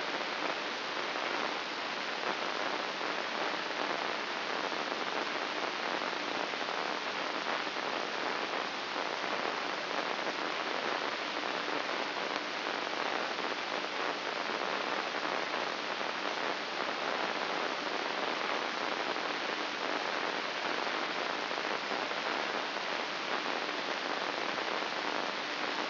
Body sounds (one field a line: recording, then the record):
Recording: brain microelectrode recording played as sound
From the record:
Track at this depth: inside the subthalamic nucleus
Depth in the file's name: 4.018 mm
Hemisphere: left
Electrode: 2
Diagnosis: Parkinson's disease